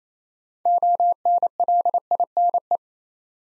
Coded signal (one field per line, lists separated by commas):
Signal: Morse code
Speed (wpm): 29 wpm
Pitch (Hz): 700 Hz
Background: none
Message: ONLINE